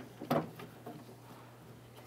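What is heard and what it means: A greased front driver door lock cylinder for a 2001-2005 Honda Civic is lined up and worked into the car door handle, so its spring clip rides up two ramps and snaps into the notches. A sharp click at 0.3 s marks the cylinder locking into place, followed by fainter ticks around 0.6 s and 0.9 s over a steady low hum. The cylinder is seated.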